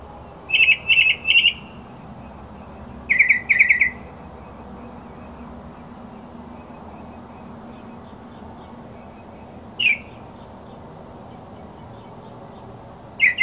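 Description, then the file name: Northern mockingbird singing in short bursts: a quick three-part phrase, another short burst, then single sharp notes after long quiet gaps. "kicauan burung northern mockingbird. omkicau"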